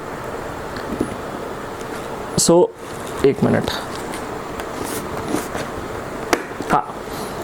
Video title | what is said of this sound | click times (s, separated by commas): SMK - UNBOXING - NEW - END TO END REVIEW #smk #helmet #himalayan #450 #accessories #biker | so as you could hear एक click sound आया so that means यहां पर एक lock mechanism दिया उन्होंने | 6.3 s